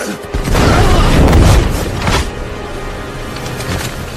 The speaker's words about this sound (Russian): И тукану откидывает взрывной волной.